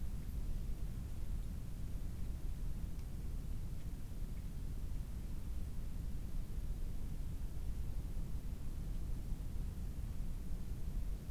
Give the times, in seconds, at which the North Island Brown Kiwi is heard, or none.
none